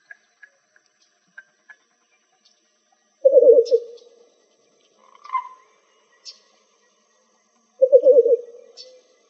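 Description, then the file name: Least bittern giving two low, rapid pulsed bursts of soft clucking notes several seconds apart, with faint high chips and ticks scattered around them. Recorded in Arizona on 4 October 2004. "AZFO LEBI 3"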